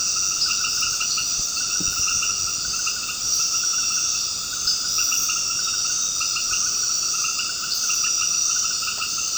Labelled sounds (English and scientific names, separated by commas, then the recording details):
none
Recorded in dense forest near Puerto Asís, Putumayo, Colombia, on 9 March 2025 at 20:00
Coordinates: 0.486, -76.317
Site G053